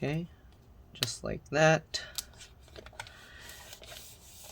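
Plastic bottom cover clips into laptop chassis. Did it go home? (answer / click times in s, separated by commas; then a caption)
yes / 2.8 s, 2.9 s, 3.0 s, 3.1 s. Someone talks while the plastic bottom cover of a Lenovo ThinkPad T480S laptop is pressed down along its edges so its retaining clips snap into the chassis. Sharp clicks ring out at 2.8, 2.9, 3.0 and 3.1 seconds, followed by faint handling noise. The clips are seated and the cover is clipped into place.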